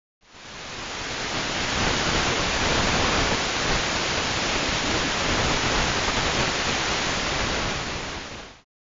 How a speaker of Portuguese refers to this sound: Ruído branco é aquele som constante e neutro que mistura todas as frequências audíveis na mesma intensidade, lembrando um ventilador ligado, uma chuva contínua ou um rádio fora do ar.